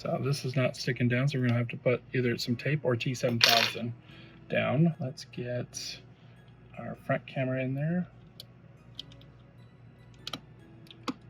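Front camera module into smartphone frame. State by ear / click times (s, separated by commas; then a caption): seated / 11.1 s. Someone talks for the first eight seconds while working on a Samsung A53 5G (A536, 2022) during a screen, LCD and glass replacement. Faint taps and small handling clicks follow as the front camera module is pressed into its recess on the phone frame. It seats with a sharp click at 11.1 s.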